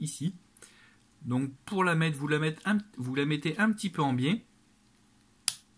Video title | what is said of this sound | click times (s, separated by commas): Test du C Flat de Vaptio | Vous avez entendu le clac, c'est tout simplement pour vous dire que la capsule voilà, est bien accrochée. | 5.5 s